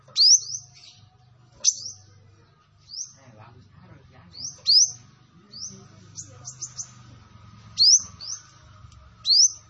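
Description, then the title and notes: Sunbird song: thin, rising high whistles at irregular intervals over faint chatter and a low background hum. Kolibri Ninja singing actively (gacor), with full fill-in phrases and 'tembakan' bursts, used as a lure for training other birds. "MASTERAN KOLIBRI NINJA TERBAIK FULL ISIAN DAN TEMBAKAN MEWAH COCOK BUAT PANCINGAN. Suara Burung Kolibri Ninja Gacor"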